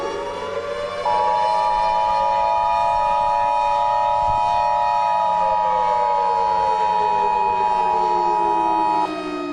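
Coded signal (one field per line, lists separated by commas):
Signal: Emergency Alert System (SAME) tones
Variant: 853 and 960 Hz attention tone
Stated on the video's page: This is a fictional Easter EAS scenario whose SAME tones are stated to be valid.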